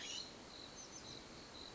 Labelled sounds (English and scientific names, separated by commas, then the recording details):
California Scrub-Jay (Aphelocoma californica)
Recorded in Sonoma County, California